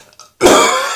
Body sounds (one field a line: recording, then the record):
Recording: coughing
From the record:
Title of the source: Mid-morning Winter Coughing Fit